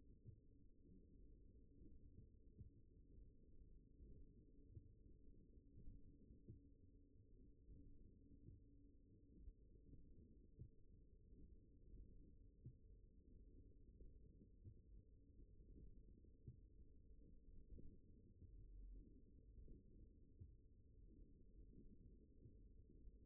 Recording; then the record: forearm muscle sounds (acoustic myography)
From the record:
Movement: radial deviation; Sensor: system 1, eight BSWA MPA416 microphones around the upper forearm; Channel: 7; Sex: male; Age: 42 years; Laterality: right